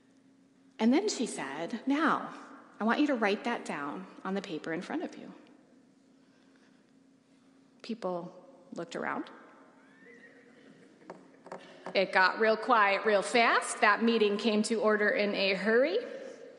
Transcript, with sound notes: And then she said, "Now, I want you to write that down on the paper in front of you." People looked around.
(laughs)
It got real quiet, real fast. That meeting came to order in a hurry.